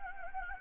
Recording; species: mosquito wingbeat signal from an infrared sensor; Anopheles gambiae